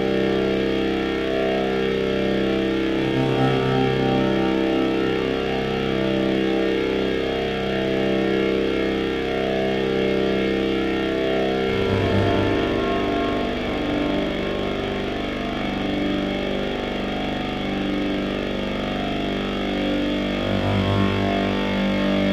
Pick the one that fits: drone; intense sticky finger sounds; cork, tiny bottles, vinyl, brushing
drone